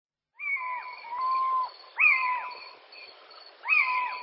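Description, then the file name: Little owl uttering long, plaintive, mewing calls that swell and fall, three in about four seconds, over faint high repeated notes. "Steinkauz - NABU"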